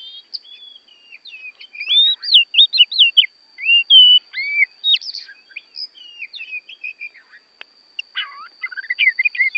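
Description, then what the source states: Oriental magpie-robin song, a rich, rapid run of varied whistles, slurs and short trills with a brief pause near the end, over a steady high tone. Kacer from Borneo; recording made as masteran, used for training songbirds.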